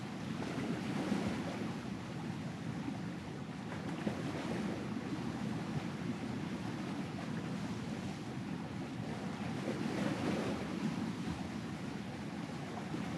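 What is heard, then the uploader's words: Waves wash steadily onto a beach, a dense continuous rumble with a low roar and gentle swells around one and ten seconds. Falling Asleep With The Waves On A Peaceful Night. On A Beach In Portugal.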